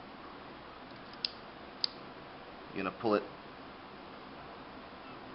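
Two fingers grip the takedown bar that sticks out on both sides of the frame of a Phoenix Arms HP22A .22 pistol and pull it outward, toward the person holding the pistol. Sharp clicks are heard at 1.2 s and 1.8 s, and someone talks around 2.8–3.2 s. The bar clicks free and releases, disengaging the part that holds the barrel.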